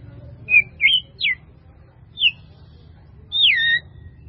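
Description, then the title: White-rumped Shama: bird giving a few widely spaced clear whistled notes, sliding up or down, against a steady low rumble. "murai batu"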